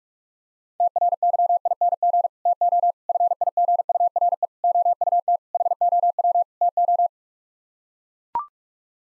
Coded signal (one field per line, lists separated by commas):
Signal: Morse code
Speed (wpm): 43 wpm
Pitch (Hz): 700 Hz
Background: none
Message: TRYING TO FIGURE OUT HOW TO